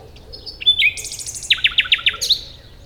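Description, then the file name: Common nightingale phrase opening with a thin whistle and slurred note, then a buzzy stretch and five loud, evenly repeated chopping notes. "Luscinia megarhynchos"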